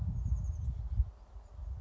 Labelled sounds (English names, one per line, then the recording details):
Chestnut-backed Chickadee
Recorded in Sonoma County, California